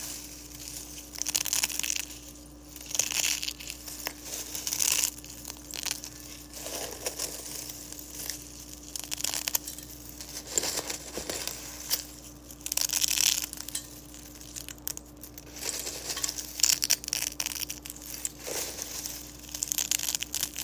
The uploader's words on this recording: Relaxing sounds of crunching eggshells for 5 minutes. Crushing Eggshells.